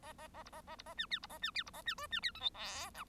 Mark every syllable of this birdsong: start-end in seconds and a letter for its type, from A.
0.02-0.13 A, 0.18-0.28 A, 0.33-0.43 A, 0.45-0.50 B, 0.52-0.61 A, 0.67-0.76 A, 0.78-0.83 B, 0.85-0.94 A, 0.97-1.06 C, 1.10-1.19 D, 1.22-1.26 B, 1.29-1.38 A, 1.41-1.51 C, 1.54-1.63 D, 1.66-1.70 B, 1.73-1.82 A, 1.85-1.95 C, 1.98-2.07 E, 2.11-2.20 C, 2.22-2.31 D, 2.34-2.40 F, 2.40-2.50 G, 2.54-2.90 H, 2.94-3.04 I